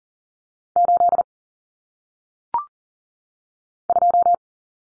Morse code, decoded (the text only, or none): 8 2